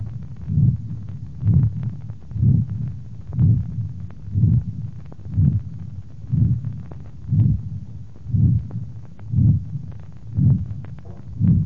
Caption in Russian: При сочетании аортального стеноза и аортальной недостаточности обращает на себя внимание громкий грубый систолический шум. Преобладание стеноза аорты.